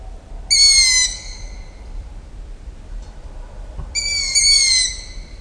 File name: Ushastaya sova